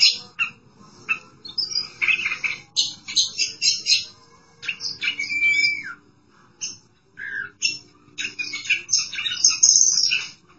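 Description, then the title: Oriental magpie-robin delivering a long, varied song of scratchy trills, clear whistles and harsh notes in bursts separated by short pauses. Chirping song (kicauan) of the bird. "Suara Kicauan Burung Kacer Durasi Panjang"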